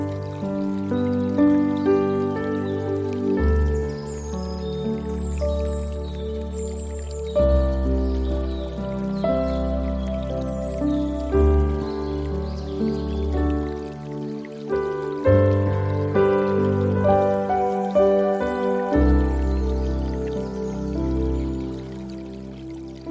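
Slow, sustained piano chords with a deep bass shift every few seconds, while faint dripping, trickling water sounds sit high in the background.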